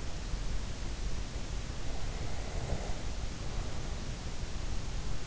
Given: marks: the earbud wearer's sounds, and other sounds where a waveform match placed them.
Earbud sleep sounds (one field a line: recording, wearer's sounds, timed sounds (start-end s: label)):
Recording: sounds in sleep by an in-ear microphone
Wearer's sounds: breath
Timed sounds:
2.52-3.82 s: breath